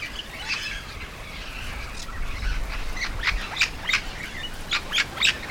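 Yellow-shouldered parrot calls: a run of short, harsh squawks that grows busier and louder toward the end, over steady low rumbling background noise.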